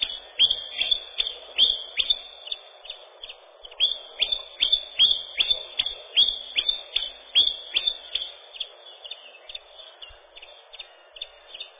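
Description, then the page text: Common chiffchaff singing a long, steady series of many bright chipping notes, continuing without pause against low steady hiss. Song, described as a ringing, measured, monotonously repeated 'ten-tin-tyan-tyun'. "Пеночка-теньковка, или пеночка-кузнечик (устар.) — Phylloscopus collybita"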